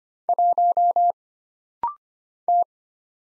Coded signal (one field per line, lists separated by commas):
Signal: Morse code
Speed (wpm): 25 wpm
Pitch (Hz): 700 Hz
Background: none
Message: 1 T